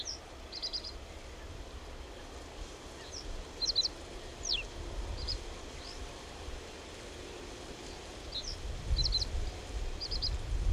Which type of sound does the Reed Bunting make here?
song